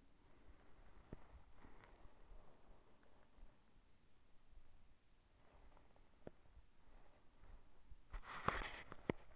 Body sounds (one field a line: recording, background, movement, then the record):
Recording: deep breathing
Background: quiet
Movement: sitting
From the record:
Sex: female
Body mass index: 21.8 kg/m2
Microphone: on the chest, facing the body